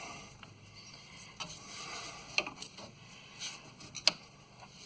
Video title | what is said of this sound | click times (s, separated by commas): 2002 S-10 ZR2 (won't take gas) Slow to fill at the pump. Come Back Part 1 | heard it click | 4.1 s